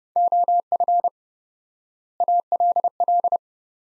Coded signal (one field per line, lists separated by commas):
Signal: Morse code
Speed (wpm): 30 wpm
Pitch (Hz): 700 Hz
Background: none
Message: OF ALL